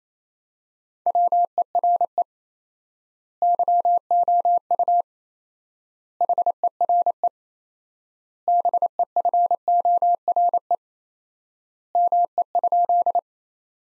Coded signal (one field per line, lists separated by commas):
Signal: Morse code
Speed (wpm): 27 wpm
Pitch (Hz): 700 Hz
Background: none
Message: WERE YOU HERE BEFORE ME?